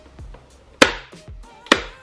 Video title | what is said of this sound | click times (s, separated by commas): AUTOBEAM LED 501 SEQUENTIAL INDICATOR UNIT INSTALL! - FOCUS RS | and a little bit forward and it should just click right into piece all | 0.8 s, 1.7 s